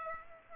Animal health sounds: mosquito wingbeat signal from an infrared sensor; Aedes aegypti

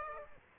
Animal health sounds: mosquito wingbeat signal from an infrared sensor; Aedes aegypti

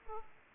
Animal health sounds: mosquito wingbeat signal from an infrared sensor; Aedes aegypti

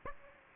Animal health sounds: mosquito wingbeat signal from an infrared sensor; Aedes aegypti

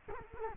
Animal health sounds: mosquito wingbeat signal from an infrared sensor; Culex quinquefasciatus

